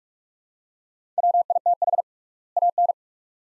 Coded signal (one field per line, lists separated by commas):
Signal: Morse code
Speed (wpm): 43 wpm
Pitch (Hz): 700 Hz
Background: none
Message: WITH AN